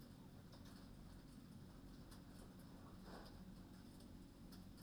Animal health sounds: poultry house recording; no chicken sound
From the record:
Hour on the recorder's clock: 20

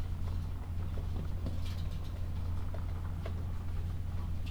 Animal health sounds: poultry house recording; sick chickens (respiratory disease)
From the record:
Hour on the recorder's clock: 13

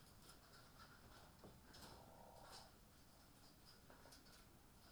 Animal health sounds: poultry house recording; healthy chickens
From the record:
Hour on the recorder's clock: 18

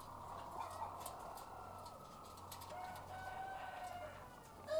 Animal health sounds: poultry house recording; sick chickens (respiratory disease)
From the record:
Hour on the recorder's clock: 13

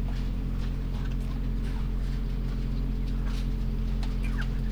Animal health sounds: poultry house recording; sick chickens (respiratory disease)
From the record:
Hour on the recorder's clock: 0

